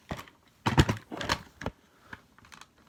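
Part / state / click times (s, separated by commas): plastic cover near blower wheel into vacuum body / not seated / none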